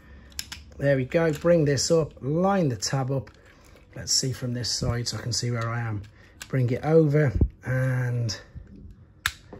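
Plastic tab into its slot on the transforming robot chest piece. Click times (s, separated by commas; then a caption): 9.3 s. While someone talks, a plastic tab is lined up and the part folded over as a Transformers Legacy Motormaster toy truck cab is transformed into the Menasor chest piece. A sharp click at 9.3 s is the plastic tab snapping into its slot on the chest piece, seating it.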